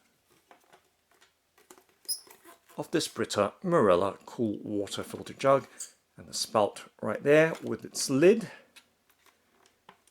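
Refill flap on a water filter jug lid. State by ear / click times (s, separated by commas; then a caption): seated / 9.9 s. Someone talks while handling the plastic refill flap on the lid of a BRITA Marella Cool water filter jug, with faint handling taps before and after the speech. The flap is closed and locks in place with a sharp click at 9.9 s.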